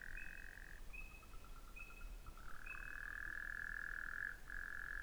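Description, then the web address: Frog trills: a lower rattling series builds into a long, loud sustained trill, with higher short pips repeating at intervals above. Recorded 11 February 2017. "frog rec 20170211"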